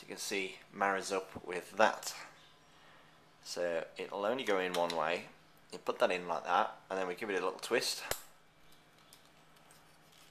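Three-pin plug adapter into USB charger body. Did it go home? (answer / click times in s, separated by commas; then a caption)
no / none. Someone talks while fitting an interchangeable three-pin plug adapter into the plastic USB charger body of an HTC Wildfire phone; it only goes in one way, and the plug is pushed in and given a little twist. The clip ends before it goes home: nothing has seated or clicked yet.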